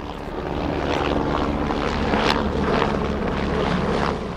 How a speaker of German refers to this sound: Das ist der Hubschrauberlandeplatz von Eurocopter, hier am Standort Ottobrunn schon seit vielen, vielen Jahrzehnten.